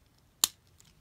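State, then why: Seated. A small plastic connector tab on the leg of a transforming toy robot is slid into its leg panel. A single sharp, bright click at 0.4 s is followed by a faint tick near 0.8 s against a quiet background. The connector is seated and clicks into place.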